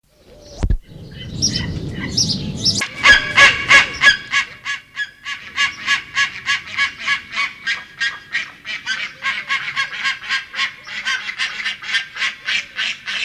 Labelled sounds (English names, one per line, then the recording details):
Steller's Sea Eagle call
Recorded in captivity
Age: adult
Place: Tierpark Berlin, Berlin, DE
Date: 1981-04-18 10:12
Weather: sonnig 1-6°C
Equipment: Nagra SN, Kopie Uher 4200
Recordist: Tembrock, Günter